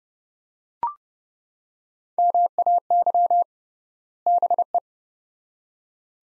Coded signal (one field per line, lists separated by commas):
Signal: Morse code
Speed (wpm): 29 wpm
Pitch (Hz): 700 Hz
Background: none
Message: MAY BE